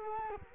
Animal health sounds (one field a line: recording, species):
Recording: mosquito wingbeat signal from an infrared sensor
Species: Culex quinquefasciatus